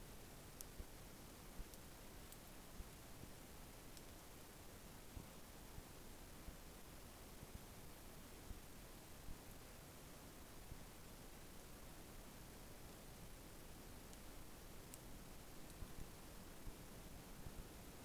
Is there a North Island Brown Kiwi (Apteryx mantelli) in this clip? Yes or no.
no